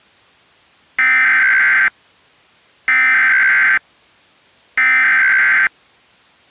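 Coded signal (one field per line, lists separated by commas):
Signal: Emergency Alert System (SAME) tones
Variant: header bursts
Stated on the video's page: Fictional EAS scenario containing valid EAS tones.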